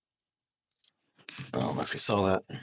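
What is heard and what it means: A part of the paddle shifter assembly on a C8 Corvette steering wheel is slid over its mount during a Maed magnetic paddle shifter install. It snaps back into place with a sharp single click at 1.3 seconds. Someone then talks.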